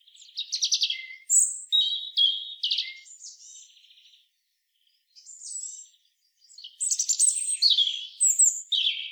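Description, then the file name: European robin song: high, thin, varied phrases of trills and tumbling notes, a pause near the middle, then a fresh burst of tinkling, falling notes. "Erithacus rubecula"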